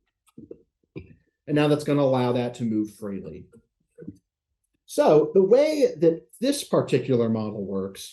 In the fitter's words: It's going to lock into place.